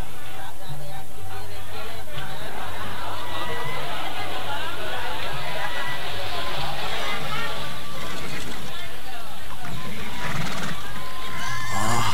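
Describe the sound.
Horses whinny and neigh repeatedly over a steady clatter of hooves, with a murmur of crowd chatter and voices mixed in throughout.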